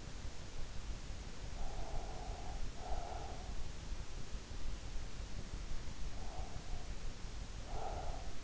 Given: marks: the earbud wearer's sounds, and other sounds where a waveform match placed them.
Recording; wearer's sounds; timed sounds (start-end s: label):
sounds in sleep by an in-ear microphone; breath
1.57-3.68 s: breath
6.18-8.36 s: breath